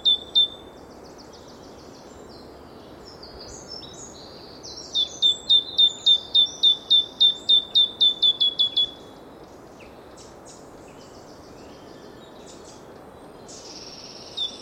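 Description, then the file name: Great tit calling, a fast run of sharp, down-slurred whistled notes, with a few other brief notes before and after. "Parus major"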